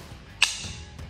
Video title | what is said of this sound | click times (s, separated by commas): PSA Lower AR15 build - Complete Build | and then pop right in and it should just click right in there | 0.4 s